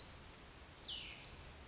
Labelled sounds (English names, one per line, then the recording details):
Cassin's Vireo
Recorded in Sonoma County, California